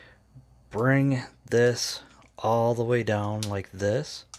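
A plastic body panel of a Transformers War for Cybertron Kingdom Cheetor action figure is brought all the way down toward its locking slot during transformation while someone talks. The panel has not seated or clicked into place yet.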